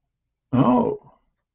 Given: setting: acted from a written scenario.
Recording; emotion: vocal sound without words; interest